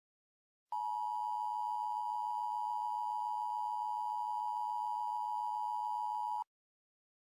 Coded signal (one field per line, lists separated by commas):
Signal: Emergency Alert System (SAME) tones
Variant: 853 and 960 Hz attention tone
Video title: EAS Scenario: "The NFL's Awakening" (2021 Original)